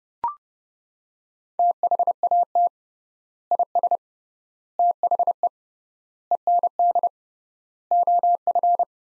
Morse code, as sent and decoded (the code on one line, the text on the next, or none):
- .... .- - / .. ... / - .... . / . -. -.. / --- ..-.
THAT IS THE END OF